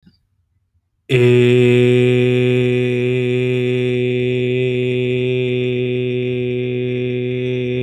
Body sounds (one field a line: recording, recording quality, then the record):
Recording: sustained vowel as in made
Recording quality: excellent, no background noise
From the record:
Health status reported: healthy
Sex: male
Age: 24 years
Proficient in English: yes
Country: United States